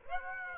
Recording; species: mosquito wingbeat signal from an infrared sensor; Aedes aegypti